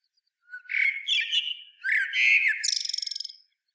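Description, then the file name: Common blackbird with two scratchy, squeaky phrases, the second ending in a fast, even trill of high buzzy notes; background otherwise silent. "Turdus merula"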